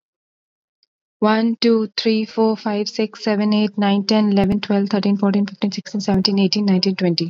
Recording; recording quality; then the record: counting at a fast pace; excellent, no background noise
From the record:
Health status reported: exposed to COVID-19, no respiratory illness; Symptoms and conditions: sore throat, fatigue, muscle pain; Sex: female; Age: 32 years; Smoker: no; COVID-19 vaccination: both doses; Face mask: worn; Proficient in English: yes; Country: India